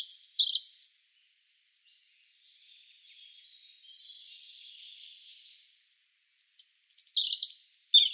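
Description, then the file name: European robin opens with a bright, high jumble of notes, drifts into a faint thin warble, then ends on another loud, sparkling phrase. "Erithacus rubecula"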